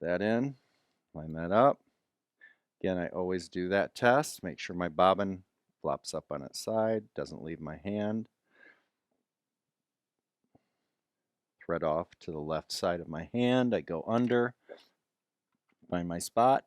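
A bobbin case is handled for insertion into the hook of a Handi Quilter longarm sewing machine after a bobbin drop test, with the thread held off to the left while reaching under the machine to line it up. Someone talks throughout, with brief pauses and a faint tick near 10.5 seconds. Nothing has seated or clicked yet.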